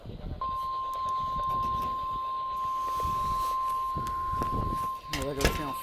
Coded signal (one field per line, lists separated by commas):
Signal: Emergency Alert System (SAME) tones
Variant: 1050 Hz attention tone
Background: speech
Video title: RWT on WXM70 (Ohio Tornado Drill) (3/20/24) EAS 2196